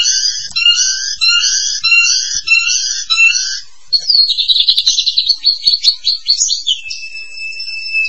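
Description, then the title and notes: Starling song: a whistled phrase repeated several times, then a fast run of chattering, buzzy notes and a steady whistle at the end. "suara burung jalak"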